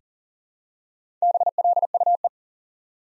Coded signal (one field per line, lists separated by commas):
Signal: Morse code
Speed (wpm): 38 wpm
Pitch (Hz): 700 Hz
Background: none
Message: BLUE